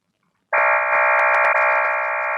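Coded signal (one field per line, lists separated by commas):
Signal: HF data modem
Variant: Clover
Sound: abrupt dense multi-tone warbling hiss filling the voice band, steady throughout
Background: radio static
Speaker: okay all righty um what this one sounds like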